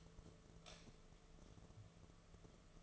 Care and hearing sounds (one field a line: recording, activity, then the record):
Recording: daily activity, microphone in the room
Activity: light off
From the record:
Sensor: 4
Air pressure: 1015.6 hPa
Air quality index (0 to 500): 182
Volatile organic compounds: 8 ppm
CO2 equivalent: 2099 ppm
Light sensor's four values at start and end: 20/48/20/20 and 22/52/22/23